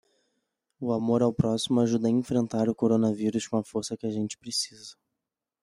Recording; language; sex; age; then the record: spoken sentence; Brazilian Portuguese; male; 20 to 29 years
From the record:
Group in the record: control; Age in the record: 26 years